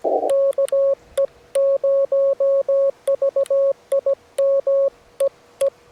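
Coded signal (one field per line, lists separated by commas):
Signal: Morse code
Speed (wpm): 17 wpm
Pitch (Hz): 550 Hz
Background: none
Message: KE0VIM EE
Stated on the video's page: Parks on the Air activation from a rare park, operating CW.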